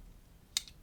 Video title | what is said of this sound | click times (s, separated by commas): Lockmaster Jackknife Pick Set | there that little click you can sort of see how it works by looking at this spare | 0.6 s